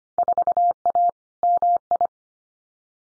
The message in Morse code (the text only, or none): 4A MI